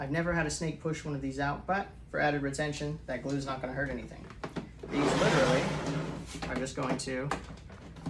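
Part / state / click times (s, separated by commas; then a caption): plastic vent into a hole in a storage tote wall / not seated / none. A round plastic vent is handled near a hole cut in the wall of a storage tote while someone talks throughout. A brief burst of broadband noise is heard around 5 seconds, and a few faint short knocks come at the very end. Nothing has seated or clicked yet, because the vent has not been snapped in.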